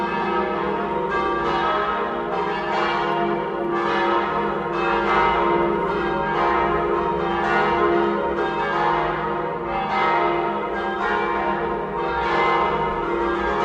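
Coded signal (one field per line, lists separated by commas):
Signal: bell signal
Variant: battiore then plenum ringing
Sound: several large church bells ringing continuously, rapid overlapping strikes with long humming resonance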